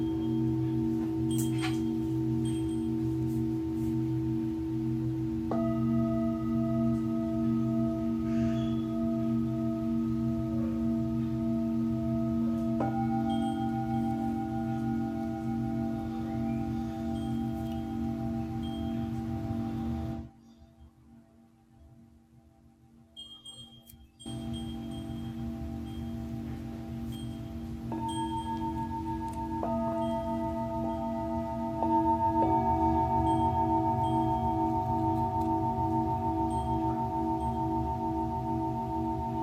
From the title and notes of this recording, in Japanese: 真夜中のシンギングボウルのサウンドヒーリング。チベタンシンギングボウルボウル。